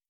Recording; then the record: hydrophone in a shrimp aquaculture tank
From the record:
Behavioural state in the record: starved